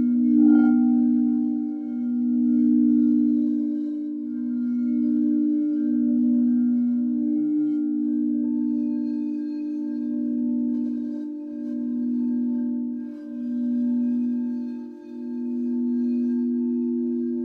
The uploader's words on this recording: The soothing sounds of crystal bowls and gongs.